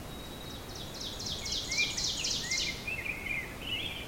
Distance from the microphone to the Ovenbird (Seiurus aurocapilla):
about 30 m